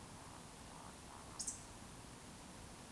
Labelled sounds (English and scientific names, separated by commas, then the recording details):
Eurasian Woodcock (Scolopax rusticola) whistle
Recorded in Baden-Württemberg, Germany, on 20 June 2020 at 20:05 UTC
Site 42618, 210 m above sea level